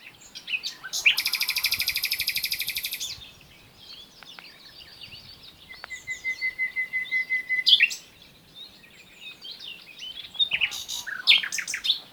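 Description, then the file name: Common nightingale singing a loud, dense buzzing trill, then a long steady whistle, followed by rapid repeated notes and sharp chirps, with faint twittering between phrases. "Luscinia megarhynchos"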